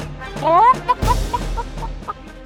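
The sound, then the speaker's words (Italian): A hen squawks with a wavering, rising cry, then breaks into a string of short, choppy clucks at a moderate level, with a sharp flutter-like burst in the middle, as the hen chases the gingerbread man in an Italian audio telling of the story. “La gallina rincorse l'omino di pan di zenzero insieme al gruppo, ma non riusciva a prenderlo.”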